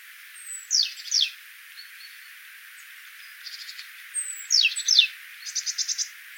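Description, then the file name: Great tit calls: sharp high notes sliding steeply downward, followed by short buzzy rattling bursts, the sequence given twice over about six seconds. "Parus major"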